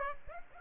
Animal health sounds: mosquito wingbeat signal from an infrared sensor; Aedes aegypti

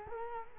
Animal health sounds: mosquito wingbeat signal from an infrared sensor; Culex quinquefasciatus

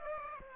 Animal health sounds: mosquito wingbeat signal from an infrared sensor; Aedes aegypti

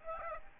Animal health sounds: mosquito wingbeat signal from an infrared sensor; Aedes aegypti

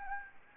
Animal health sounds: mosquito wingbeat signal from an infrared sensor; Anopheles gambiae

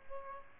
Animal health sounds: mosquito wingbeat signal from an infrared sensor; Aedes albopictus

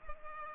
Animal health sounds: mosquito wingbeat signal from an infrared sensor; Culex pipiens

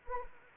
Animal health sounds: mosquito wingbeat signal from an infrared sensor; Anopheles arabiensis

